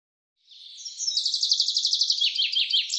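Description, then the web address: Bird singing a rapid, high-pitched trill of evenly spaced notes that runs into downward-slurred notes; the phrase is cut off, with no other sounds. "cianscape birddata Deverinetal 2025 Bird Fr Co"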